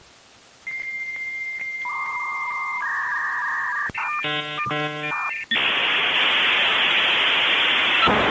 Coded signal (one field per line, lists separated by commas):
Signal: dial-up modem handshake